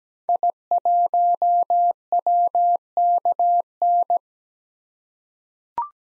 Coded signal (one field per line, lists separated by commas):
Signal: Morse code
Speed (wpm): 17 wpm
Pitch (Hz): 700 Hz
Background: none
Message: I1WKN